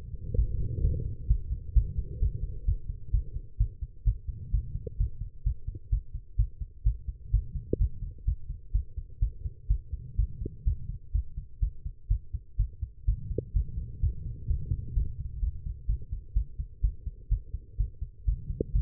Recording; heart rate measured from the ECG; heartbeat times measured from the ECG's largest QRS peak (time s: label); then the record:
heart sounds by stethoscope; 127 bpm
0.36 s: heartbeat
0.81 s: heartbeat
1.28 s: heartbeat
1.74 s: heartbeat
2.20 s: heartbeat
2.65 s: heartbeat
3.11 s: heartbeat
3.58 s: heartbeat
4.04 s: heartbeat
4.51 s: heartbeat
4.98 s: heartbeat
5.44 s: heartbeat
5.90 s: heartbeat
6.37 s: heartbeat
6.84 s: heartbeat
7.31 s: heartbeat
7.78 s: heartbeat
8.25 s: heartbeat
8.72 s: heartbeat
9.20 s: heartbeat
9.68 s: heartbeat
10.16 s: heartbeat
10.65 s: heartbeat
11.12 s: heartbeat
11.60 s: heartbeat
12.08 s: heartbeat
12.57 s: heartbeat
13.06 s: heartbeat
13.53 s: heartbeat
14.01 s: heartbeat
14.48 s: heartbeat
14.94 s: heartbeat
15.40 s: heartbeat
15.87 s: heartbeat
16.34 s: heartbeat
16.81 s: heartbeat
17.29 s: heartbeat
17.77 s: heartbeat
18.25 s: heartbeat
18.73 s: heartbeat
From the record:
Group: healthy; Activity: rest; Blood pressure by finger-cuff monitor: 120/75 mmHg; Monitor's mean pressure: 87 mmHg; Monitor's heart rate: 127 bpm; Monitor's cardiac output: 9.7 L/min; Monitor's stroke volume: 76 mL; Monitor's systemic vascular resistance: 640 dyn s/cm5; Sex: female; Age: 19 years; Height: 163 cm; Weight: 51 kg